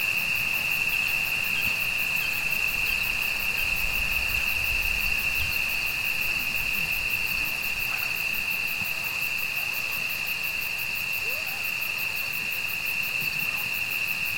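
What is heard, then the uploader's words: Night creatures in the mountains fill the air with a steady, unbroken insect drone, a bright ringing tone joined by a faint, fast pulsing chirr higher up. A soft low rumble of breeze runs underneath, with a few brief faint calls around eight and eleven seconds. The night is cool and there’s a light breeze drifting up through the valley.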